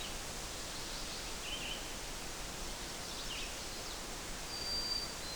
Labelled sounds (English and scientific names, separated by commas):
Red-eyed Vireo (Vireo olivaceus) song